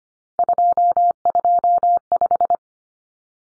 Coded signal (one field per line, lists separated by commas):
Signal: Morse code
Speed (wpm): 25 wpm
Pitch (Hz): 700 Hz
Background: none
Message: 225